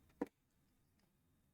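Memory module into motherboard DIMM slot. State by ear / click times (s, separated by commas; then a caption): seated / 0.2 s. A DDR4 memory stick is pressed into a motherboard DIMM slot with light force on each end, and a single sharp click at 0.2 s marks the retention clips latching. After the click there is only quiet background, and the module is seated with both ends locked in.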